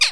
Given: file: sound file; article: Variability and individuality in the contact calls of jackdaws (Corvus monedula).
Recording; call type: jackdaw call; harmonic